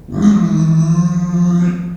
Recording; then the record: squeal of a Yucatan mini pig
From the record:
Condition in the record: after surgery on the right vocal fold (resection and tissue-engineered implant); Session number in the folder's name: 10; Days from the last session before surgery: 86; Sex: female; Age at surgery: 19 weeks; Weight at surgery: 25 kg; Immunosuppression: prednisolone